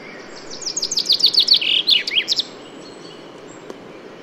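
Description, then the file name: Common chaffinch singing a quick run of downward-slurred high notes ending in a flourish, followed by quiet hiss and a single faint click. "Fringilla coelebs"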